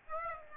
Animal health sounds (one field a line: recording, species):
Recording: mosquito wingbeat signal from an infrared sensor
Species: Aedes aegypti